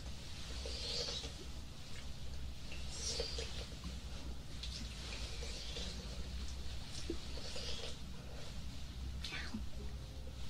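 Ear cleaning and ear massage with soft, scratchy rubbing and brushing sounds that come in irregular bursts about every second or two. A steady low rumble runs underneath throughout, with occasional small clicks and crisp swishes rising above it.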